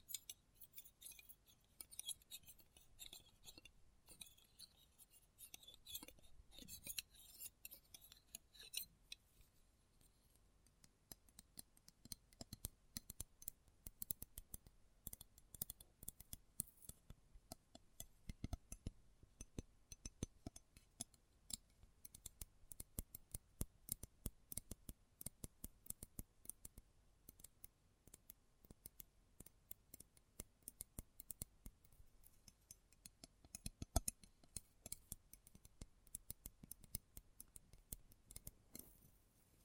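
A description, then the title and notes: Close-up metallic sounds: a dense run of small clicks, snips and scrapes, like scissors or cutlery being handled. The first nine seconds are brighter and busier, then the ticks thin out into an irregular patter, with a louder cluster around 34 seconds. ASMR Close Up Metallic Sounds (No Talking).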